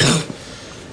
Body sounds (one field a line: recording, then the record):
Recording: coughing mixed with background sound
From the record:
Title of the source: Wet coughing